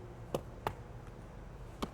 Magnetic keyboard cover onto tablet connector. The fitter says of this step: it simply by dropping it over top that was it take it snaps into place you hear that click and now